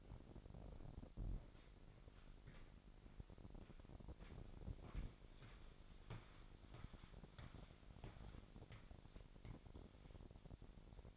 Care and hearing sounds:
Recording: daily activity, microphone in the room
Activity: walk to room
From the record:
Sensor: 5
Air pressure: 1012.3 hPa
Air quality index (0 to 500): 235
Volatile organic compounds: 4 ppm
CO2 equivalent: 1564 ppm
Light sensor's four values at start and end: 57/134/56/59 and 56/128/54/58

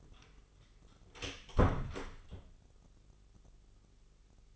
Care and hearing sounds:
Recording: daily activity, microphone in the room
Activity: close door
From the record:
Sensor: 4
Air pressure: 997.0 hPa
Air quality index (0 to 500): 38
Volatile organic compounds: 1 ppm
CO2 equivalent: 623 ppm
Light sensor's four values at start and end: 18/41/17/17 and 19/45/18/19

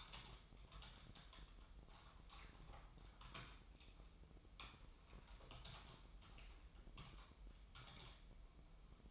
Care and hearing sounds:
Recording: daily activity, microphone in the room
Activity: typing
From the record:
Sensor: 1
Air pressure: 988.8 hPa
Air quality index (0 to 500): 204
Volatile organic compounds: 1000 ppm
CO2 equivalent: 5430 ppm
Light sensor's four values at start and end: 25/93/35/36 and 25/93/35/36

